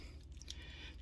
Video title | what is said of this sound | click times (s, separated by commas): Master Grade Monday!!: Master Grade GUNDAM ZZ Ver Ka REVIEW | and then push it up, and then it'll lock in place like so. | 0.5 s